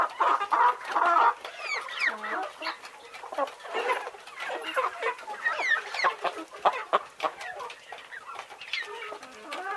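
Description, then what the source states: Chicken: hens clucking busily together, a steady stream of overlapping clucks, trills and brief squawks, with a louder burst of calls near the start. Laying hens.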